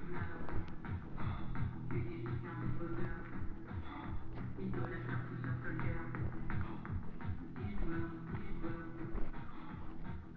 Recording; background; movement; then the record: deep breathing; music; walking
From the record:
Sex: male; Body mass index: 23.7 kg/m2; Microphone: on the chest, facing the body